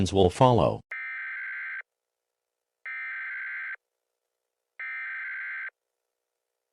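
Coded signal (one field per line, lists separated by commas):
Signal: Emergency Alert System (SAME) tones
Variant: header bursts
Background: speech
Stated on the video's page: Hypothetical, simulated EAS activation that never actually happened.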